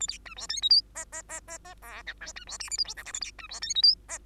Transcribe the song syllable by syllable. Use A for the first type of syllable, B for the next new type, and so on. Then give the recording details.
A B C D E F G H H H H H I J K C D L M N O P Q A B C D E F G H. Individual Bird2